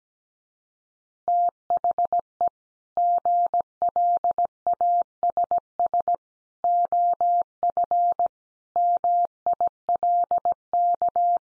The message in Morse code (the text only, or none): THE GLASS OF MILK